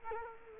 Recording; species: mosquito wingbeat signal from an infrared sensor; Culex quinquefasciatus